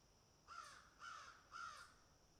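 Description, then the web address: Crow cawing, three harsh caws spaced about half a second apart, with a faint steady high hiss in the background. Crows picking and eating. "animals crows picking and eating"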